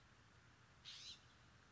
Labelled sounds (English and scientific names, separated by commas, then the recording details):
California Scrub-Jay (Aphelocoma californica)
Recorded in Sonoma County, California